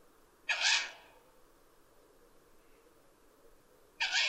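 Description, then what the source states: Owl producing two loud, breathy hissing screeches about three and a half seconds apart, with quiet in between. Recorded 12 June 2011.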